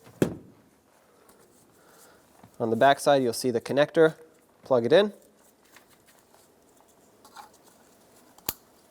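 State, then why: Seated. A wiring connector is plugged into the back of a door speaker on a 1997-2003 Ford F-150 during a tow mirror install. Someone talks briefly, then after quiet handling noise a loud, sharp click at 8.5 s marks the connector seating in place.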